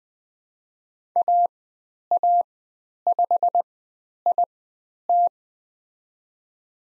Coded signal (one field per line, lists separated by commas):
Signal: Morse code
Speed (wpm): 20 wpm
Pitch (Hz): 700 Hz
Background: none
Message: AA5IT